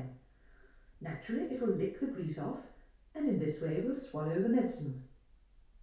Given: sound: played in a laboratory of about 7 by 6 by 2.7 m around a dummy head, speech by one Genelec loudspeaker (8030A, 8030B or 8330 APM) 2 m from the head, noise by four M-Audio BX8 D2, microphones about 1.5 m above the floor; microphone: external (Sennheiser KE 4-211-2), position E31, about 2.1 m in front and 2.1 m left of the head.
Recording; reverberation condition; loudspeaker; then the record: female speech in English; medium; in front (0 degrees)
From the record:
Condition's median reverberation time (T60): about 510 ms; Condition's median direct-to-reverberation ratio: about -0.5 dB